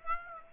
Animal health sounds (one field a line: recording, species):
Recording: mosquito wingbeat signal from an infrared sensor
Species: Aedes aegypti